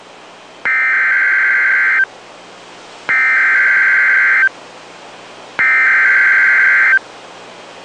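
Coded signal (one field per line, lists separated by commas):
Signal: Emergency Alert System (SAME) tones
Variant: header bursts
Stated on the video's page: Real Severe Thunderstorm Warning EAS alert received on NOAA Weather Radio.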